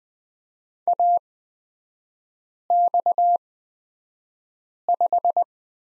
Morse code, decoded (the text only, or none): AX5